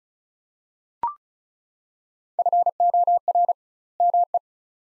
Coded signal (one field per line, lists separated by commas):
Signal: Morse code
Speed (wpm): 36 wpm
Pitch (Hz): 700 Hz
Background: none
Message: FOR ME